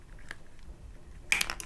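Two buttons are pressed on a plastic drain strainer to release its hair-catching basket from the drain stopper housing. After a faint tick at 0.3 s, a sharp click at 1.3 s is followed by a quick rattle of small clicks. The basket is released.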